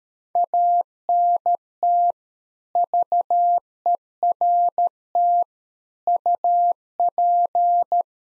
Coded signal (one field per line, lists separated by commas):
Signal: Morse code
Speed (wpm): 13 wpm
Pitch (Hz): 700 Hz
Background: none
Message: ANT VERT UP